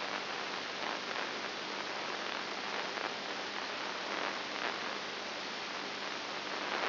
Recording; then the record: brain microelectrode recording played as sound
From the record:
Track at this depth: inside the subthalamic nucleus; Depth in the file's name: 4.9 mm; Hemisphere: right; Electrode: 2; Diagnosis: Parkinson's disease